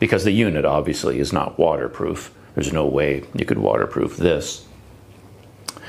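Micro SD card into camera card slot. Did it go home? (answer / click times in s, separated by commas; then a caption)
yes / 5.7 s. Someone talks for about the first four and a half seconds, then after a quiet pause a micro SD card is slid into the camera's card slot, a cutout in the handle with no interior compartment because the unit is not waterproof. The card clicks into place at 5.7 s with a sharp click, followed by a fainter tick just after, and it is meant to sit recessed.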